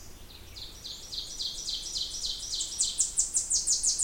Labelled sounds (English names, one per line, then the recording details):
Ovenbird song
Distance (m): 35 m
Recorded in boreal forest in Alberta, Canada, on 20 June 2016 at 06:40
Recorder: SongMeter 3, array SBT-6-81
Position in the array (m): 5 m, 287 m
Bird 26